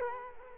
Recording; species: mosquito wingbeat signal from an infrared sensor; Culex quinquefasciatus